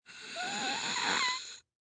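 One hissing breath of about 1.5 seconds from a middle-aged man, with a whistling tone that rises in pitch: a single wheeze.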